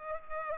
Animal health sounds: mosquito wingbeat signal from an infrared sensor; Culex pipiens

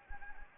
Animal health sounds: mosquito wingbeat signal from an infrared sensor; Anopheles gambiae

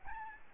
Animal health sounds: mosquito wingbeat signal from an infrared sensor; Aedes albopictus

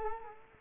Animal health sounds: mosquito wingbeat signal from an infrared sensor; Culex quinquefasciatus

